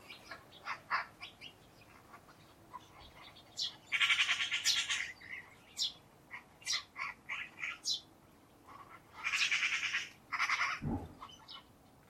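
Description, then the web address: Bird calls over a steady noisy background: two broad harsh grating bursts stand out among many quick chirps and clicks. "Bird Only"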